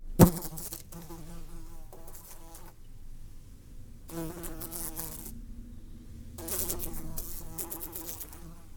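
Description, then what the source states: Fly buzzing in irregular bursts of droning wingbeat hum, stopping briefly and starting again, with a sharp tap near the start. Fly buzzing in a window.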